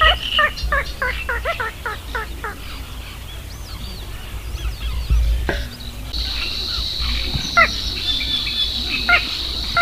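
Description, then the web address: Little crake giving a quick run of short, hard repeated notes at the start, then a steady high buzzing sets in. "Madardalok Kis vízicsibe"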